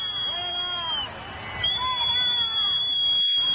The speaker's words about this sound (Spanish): Vamos a, no podemos ver, pero sí podemos escuchar los abucheos y los pitos a Zapatero.